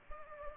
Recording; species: mosquito wingbeat signal from an infrared sensor; Culex pipiens